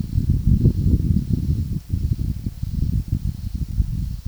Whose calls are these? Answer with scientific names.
none